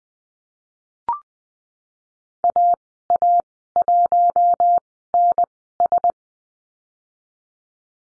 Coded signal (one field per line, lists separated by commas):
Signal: Morse code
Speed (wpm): 20 wpm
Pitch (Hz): 700 Hz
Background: none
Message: AA1NS